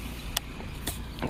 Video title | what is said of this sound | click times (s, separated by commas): Home Snow Removal: Behind the Scenes | click into place it's extendable | 0.4 s